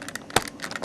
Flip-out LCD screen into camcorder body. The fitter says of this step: see we can put this back in place here will you screen clicks into place like that